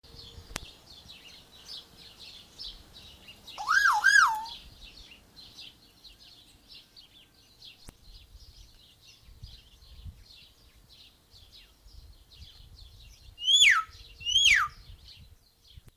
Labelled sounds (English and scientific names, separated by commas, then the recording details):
Common Hill Myna (Gracula religiosa) call, Black-tailed Prairie Dog (Cynomys ludovicianus)
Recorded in captivity
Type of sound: call
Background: Cynomys ludovicianus
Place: Zoo Halle, Sachsen-Anhalt, DE
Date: 2002-06-17 15:22
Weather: sunny, 27°C
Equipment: Nagra SN, Kopie Uher 4000 Report Monitor
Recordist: Tembrock, Günter
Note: G.r.intermedia: Rufe (kurze Aufnahme), daneben Präriehund